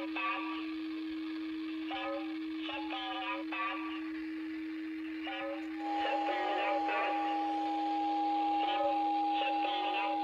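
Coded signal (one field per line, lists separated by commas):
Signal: numbers station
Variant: S06s Russian Lady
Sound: female voice reading short evenly spaced words over steady hum tones and static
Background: radio static, carrier hum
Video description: Der Zahlensender S06s, Russian Lady ist auf allen drei Empfängern gut hörbar.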